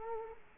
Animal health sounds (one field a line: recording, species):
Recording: mosquito wingbeat signal from an infrared sensor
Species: Culex quinquefasciatus